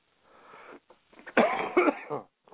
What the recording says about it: I did take my Dayquil medicine before we went live. Hopefully that will be the only cough that you'll hear.